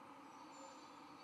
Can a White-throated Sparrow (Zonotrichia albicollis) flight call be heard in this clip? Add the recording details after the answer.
no. No flight call is heard. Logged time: 00:50 on 12 November 2014